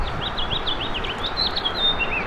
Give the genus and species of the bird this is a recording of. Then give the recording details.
Haemorhous mexicanus. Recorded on Long Island, New York, on 20 April 2012. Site GC. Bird D